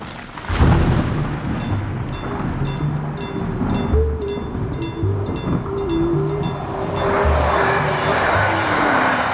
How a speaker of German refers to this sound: Es regnet. Immer wenn wir nach Katwijk fahren, verschlechtert sich das Wetter.